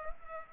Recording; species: mosquito wingbeat signal from an infrared sensor; Culex pipiens